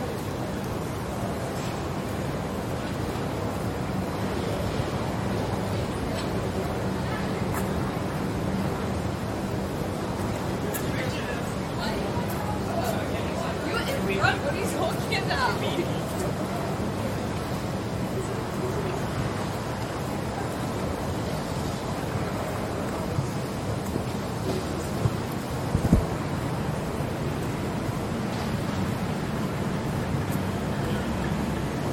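A steady street roar with a tram's low hum, scattered voices of passing walkers, and brief chirps and clanks around the middle.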